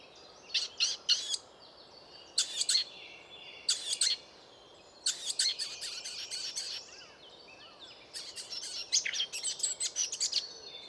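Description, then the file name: Eurasian blackcap calls, clusters of hard clicking notes in short groups separated by quiet gaps, with longer chattering runs in the second half. "Sylvia atricapilla"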